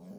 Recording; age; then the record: pig call; piglet (1 to 25 days)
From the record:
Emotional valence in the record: negative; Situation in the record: long isolation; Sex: male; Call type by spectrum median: low-frequency call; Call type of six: low-frequency stable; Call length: 0.19 s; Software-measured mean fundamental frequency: 63 Hz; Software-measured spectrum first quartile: 192 Hz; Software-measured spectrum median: 268 Hz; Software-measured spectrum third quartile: 629 Hz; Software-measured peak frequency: 196 Hz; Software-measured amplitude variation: 115 dB a second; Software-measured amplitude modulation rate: 18.2 a second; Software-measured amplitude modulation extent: 6.3 dB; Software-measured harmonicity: 4.3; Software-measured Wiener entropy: -0.05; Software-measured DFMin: 942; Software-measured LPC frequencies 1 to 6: 1897, 2725, 3626, 4557, 5330, 6172 Hz